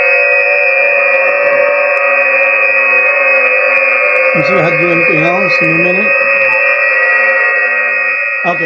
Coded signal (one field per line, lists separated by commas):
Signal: FT8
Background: speech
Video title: Danny Shortwave And Radio DX Live Stream #169 11/13/2024 SSB FT4 FT8 DMR C4FM Amateur Radio DX